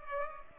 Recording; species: mosquito wingbeat signal from an infrared sensor; Culex pipiens